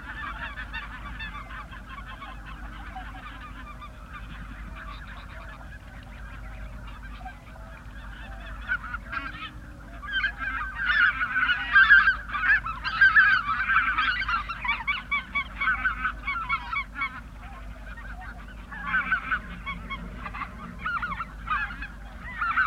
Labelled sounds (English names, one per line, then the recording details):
Greater White-fronted Goose call
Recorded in the wild
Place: Zingst, Insel Kirr, Mecklenburg-Vorpommern, DE
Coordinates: 54.421, 12.709
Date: 1978-10-18 05:35
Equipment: Nagra III BH, Sennheiser MD 21, parabola
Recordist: Schubert, Michael
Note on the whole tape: Bläßgänse auf dem Schlafplatz (Dist. ~80m), sehr geruhsam